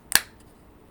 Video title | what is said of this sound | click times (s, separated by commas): Is the frag hype really real?? Or is it all just plain old cap??? | clicks into place, pretty snug. | 0.1 s